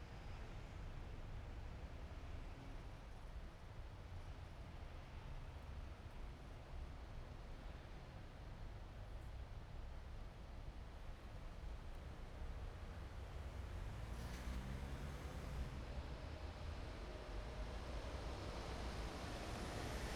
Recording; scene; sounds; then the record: everyday scene through a hearing-aid microphone; in traffic; traffic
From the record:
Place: main city hub, rush hour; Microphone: behind the ear, right, rear